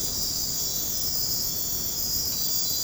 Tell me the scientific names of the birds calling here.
none